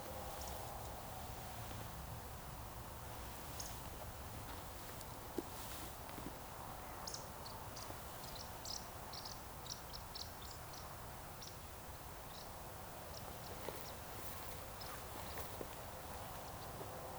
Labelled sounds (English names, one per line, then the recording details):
Eurasian Woodcock whistle
Eurasian Woodcock chase call
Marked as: whistle, whistle, chase, woodcock
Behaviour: display flight
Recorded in Baden-Württemberg, Germany, on 3 June 2021 at 20:02 UTC
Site 45499, 200 m above sea level